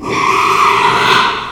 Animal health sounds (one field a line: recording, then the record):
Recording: squeal of a Yucatan mini pig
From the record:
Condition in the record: after surgery on the right vocal fold (resection and tissue-engineered implant)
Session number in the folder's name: 1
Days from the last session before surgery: 6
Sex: male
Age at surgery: 12 weeks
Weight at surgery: 13 kg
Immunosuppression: cyclosporine, prednisolone